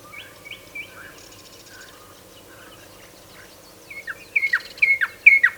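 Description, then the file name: Common nightingale song: quiet scattered whistles at first, then louder falling notes repeated in the final seconds. "Luscinia megarhynchos"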